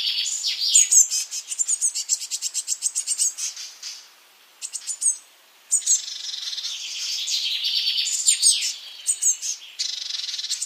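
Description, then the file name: Eurasian blue tit calls: rapid runs of high, sharp ticking notes that form dense trills, broken by brief silences, then more chattering bursts. "Cyanistes caeruleus"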